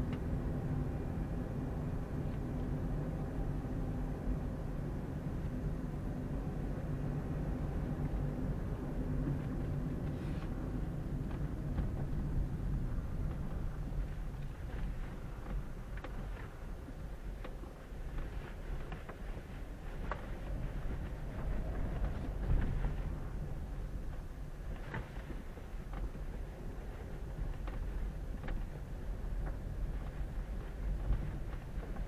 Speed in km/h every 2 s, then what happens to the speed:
23, 23, 23, 23, 26, 22, 15, 10, 8, 8, 12, 12, 7, 8, 8, 8.
0-9 steady at about 23. 9-15 slows to 8. 15-32 steady at about 8.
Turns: none.